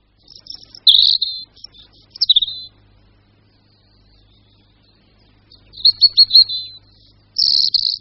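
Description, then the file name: European robin song, with quick high sweet warbles and sliding notes in separate bursts, separated by about three seconds of quiet before the final phrases. "Červenka obecná"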